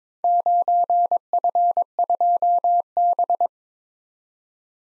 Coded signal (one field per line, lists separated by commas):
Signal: Morse code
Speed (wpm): 22 wpm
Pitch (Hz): 700 Hz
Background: none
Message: 9F2B